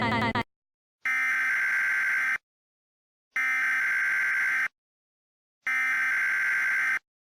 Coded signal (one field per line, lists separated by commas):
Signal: Emergency Alert System (SAME) tones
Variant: header bursts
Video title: EAS Scenario: Trump's Impeachment